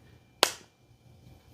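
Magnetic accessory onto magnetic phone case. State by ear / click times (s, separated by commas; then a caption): seated / 0.4 s. A magnetic ring/wallet accessory is brought to the magnetic ring on the back of an S23 Ultra phone case and pulls itself on, producing a single sharp, bright snap at 0.4 s that fades quickly into quiet. The accessory seats firmly on the case.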